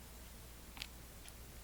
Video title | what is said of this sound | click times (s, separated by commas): JB Weld of 2019 Brandon Jones #19 Jeld-Wen NASCAR 1/64 Custom & the Need for Portion Control | i didn't hear it snap but i also | none